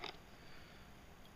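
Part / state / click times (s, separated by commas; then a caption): coin cell battery into battery holder of a handheld device / not seated / none. A replacement coin cell battery is handled at the battery holder of a handheld device, slid under the brass side first while the metal side is pressed down with a thumb. A brief sharp tick at 0.1 s is followed by quiet, low rustling handling noise. Nothing has seated or clicked into place yet.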